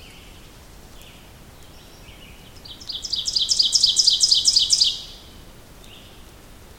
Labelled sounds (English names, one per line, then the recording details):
Ovenbird song
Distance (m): 10 m
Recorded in boreal forest in Alberta, Canada, on 2 June 2016 at 07:58
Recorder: SongMeter 3, array SBT-3-7
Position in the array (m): 37 m, 153 m
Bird 4